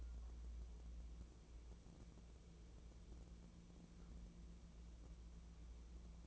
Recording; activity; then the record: daily activity, microphone in the room; wipe stove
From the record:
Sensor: 1